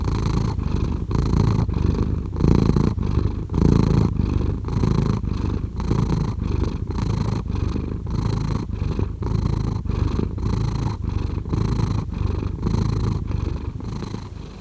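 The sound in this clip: Cat purring, a steady low rumbling purr pulsing in and out with each breath.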